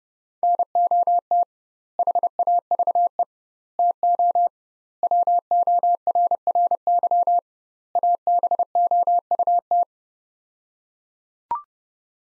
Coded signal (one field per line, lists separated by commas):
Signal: Morse code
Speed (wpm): 29 wpm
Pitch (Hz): 700 Hz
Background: none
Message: NOT HAVE TO WORRY ABOUT